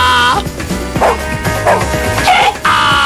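A dog barks several times in short, yelping bursts, fairly loud and mid-pitched, with a steady tonal hum underneath and no talking.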